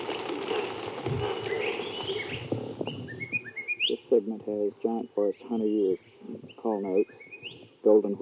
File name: red shining parrot